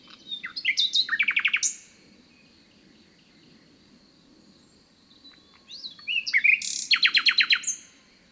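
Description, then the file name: Common nightingale delivers two bursts of loud, quickly repeated rich notes with a pause between, over a soft low rumbling background. "Luscinia megarhynchos"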